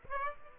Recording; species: mosquito wingbeat signal from an infrared sensor; Aedes aegypti